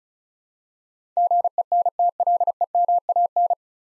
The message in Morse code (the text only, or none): GENTLEMAN